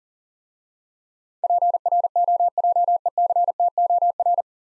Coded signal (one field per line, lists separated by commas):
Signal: Morse code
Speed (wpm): 41 wpm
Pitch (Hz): 700 Hz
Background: none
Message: PROJECTOR